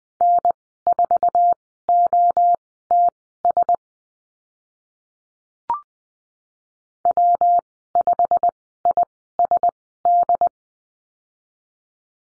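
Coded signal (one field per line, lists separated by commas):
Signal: Morse code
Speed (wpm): 20 wpm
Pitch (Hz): 700 Hz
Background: none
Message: N4OTS W5ISD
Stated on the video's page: Morse course lesson on the letter b with call signs, Farnsworth speed 20/10 wpm.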